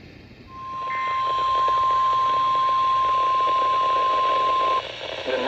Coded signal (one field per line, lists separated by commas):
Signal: Emergency Alert System (SAME) tones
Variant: 1050 Hz attention tone